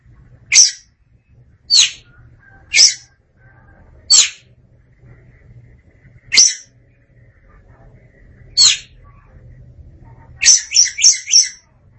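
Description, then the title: Oriental magpie-robin giving scratchy downslurred notes spaced one to two seconds apart, ending in a quick burst of four rasping notes; low hum beneath. "Suara Kicauan Burung Kacer Durasi Panjang"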